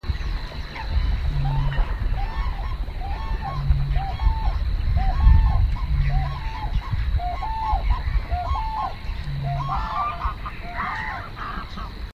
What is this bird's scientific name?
Grus grus